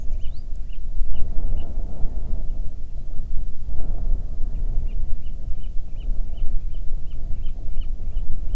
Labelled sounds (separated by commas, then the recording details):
songbird, wind
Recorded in the Prudhoe Bay oil fields, Alaska, on 9 June 2019 at 17:11
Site 21